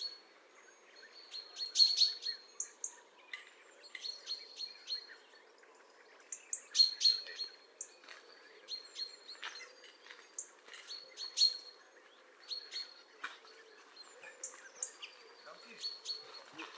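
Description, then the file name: Chaffinch calls: short sharp chirps in loose irregular bursts. "Fringilla coelebs"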